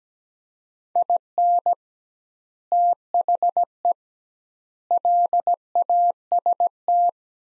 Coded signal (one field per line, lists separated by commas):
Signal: Morse code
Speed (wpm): 17 wpm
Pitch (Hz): 700 Hz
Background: none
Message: IN THE LAST